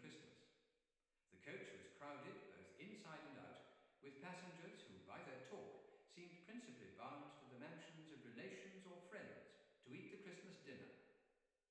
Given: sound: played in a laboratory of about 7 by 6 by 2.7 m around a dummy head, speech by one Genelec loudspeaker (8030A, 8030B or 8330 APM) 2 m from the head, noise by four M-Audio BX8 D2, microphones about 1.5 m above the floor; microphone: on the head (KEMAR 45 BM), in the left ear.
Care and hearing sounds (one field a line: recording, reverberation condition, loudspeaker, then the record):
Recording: male speech in English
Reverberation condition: high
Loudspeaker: 150 degrees to the left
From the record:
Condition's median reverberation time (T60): about 1300 ms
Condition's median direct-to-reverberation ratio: about -4.0 dB